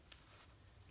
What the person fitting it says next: nice and steady pressure, and you heard the click.